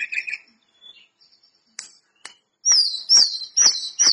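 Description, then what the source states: Lesser Shortwing song: a few scattered high chirps and sharp ticks, then a run of four loud, high whistled notes that slur downward, each about half a second apart. Bird singing actively; the source calls the singing gacor.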